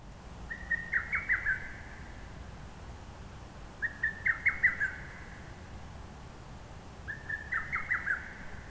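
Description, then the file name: Lesser cuckoo singing a short, rapid phrase of emphatic whistled notes, repeated three times at intervals of about three seconds, with a constant low background hum. "hototogisu"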